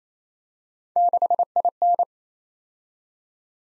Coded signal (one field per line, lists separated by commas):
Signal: Morse code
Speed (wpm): 28 wpm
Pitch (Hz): 700 Hz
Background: none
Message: 6IN